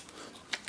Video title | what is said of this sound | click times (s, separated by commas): Remplacement des plaquettes et disques Avant Audi A3 2006 | vas jusqu'au clic, et voilà. | 0.5 s